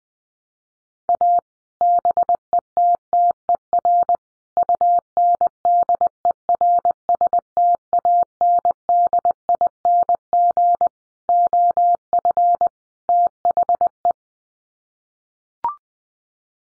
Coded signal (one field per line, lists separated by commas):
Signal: Morse code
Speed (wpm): 20 wpm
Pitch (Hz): 700 Hz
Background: none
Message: A BETTER UNDERSTANDING OF THE